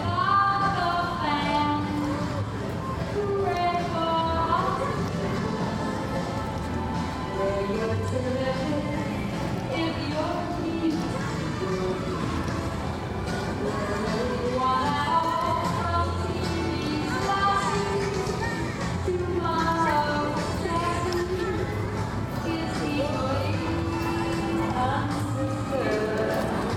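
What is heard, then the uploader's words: Audio recorded walking through Universal Studios Florida, with a steady wash of overlapping voices and crowd chatter throughout. Sustained musical tones and melodic lines run underneath, rising and falling continuously, with the overall loudness staying even across the whole stretch. A Day at Universal Studios Florida. On this week's show we play audio from the Universal Studios Florida theme park. Listen as you hear us walk the park as we journey from attraction to attraction.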